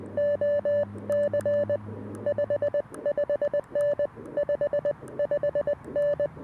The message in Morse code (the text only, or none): OC 55N 55N